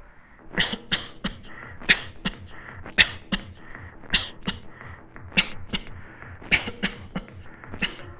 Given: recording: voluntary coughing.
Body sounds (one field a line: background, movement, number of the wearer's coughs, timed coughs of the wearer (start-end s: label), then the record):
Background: music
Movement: sitting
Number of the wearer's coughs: 15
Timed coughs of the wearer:
0.55-0.86 s: cough
0.90-1.17 s: cough
1.22-1.41 s: cough
1.86-2.16 s: cough
2.23-2.37 s: cough
2.95-3.22 s: cough
3.30-3.54 s: cough
4.11-4.36 s: cough
4.45-4.65 s: cough
5.34-5.61 s: cough
5.71-5.94 s: cough
6.49-6.75 s: cough
6.81-6.97 s: cough
7.13-7.29 s: cough
7.80-8.01 s: cough
From the record:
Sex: male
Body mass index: 22.0 kg/m2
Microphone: on the chest, facing the body